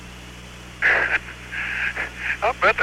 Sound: laughter